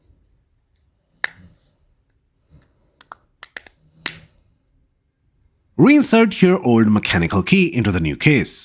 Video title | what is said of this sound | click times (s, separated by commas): How to replace key fob case or shell of Kia Sportage | align the two halves of the new case and press them together firmly until they snap into place. | 1.2 s, 3.4 s, 4.1 s